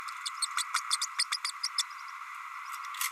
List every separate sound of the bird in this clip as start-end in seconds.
0.42-0.46, 0.58-0.63, 0.74-0.80, 0.91-0.96, 1.01-1.06, 1.18-1.24, 1.31-1.37, 1.63-1.68, 1.78-1.83